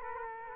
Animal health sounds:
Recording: mosquito wingbeat signal from an infrared sensor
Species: Culex quinquefasciatus

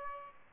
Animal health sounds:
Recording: mosquito wingbeat signal from an infrared sensor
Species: Aedes aegypti

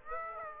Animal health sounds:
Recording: mosquito wingbeat signal from an infrared sensor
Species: Aedes aegypti

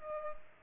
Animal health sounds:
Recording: mosquito wingbeat signal from an infrared sensor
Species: Culex pipiens

